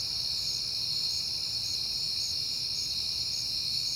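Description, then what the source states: Crickets chirping in a steady shrill trill, one voice repeating short bright pulses at an even pace, over a faint low hum. Crickets at night in September, on a peaceful night.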